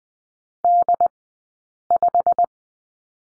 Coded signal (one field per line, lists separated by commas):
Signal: Morse code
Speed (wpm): 20 wpm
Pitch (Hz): 700 Hz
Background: none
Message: D5